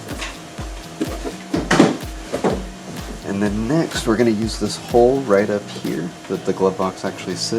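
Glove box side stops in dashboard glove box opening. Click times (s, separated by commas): 1.7 s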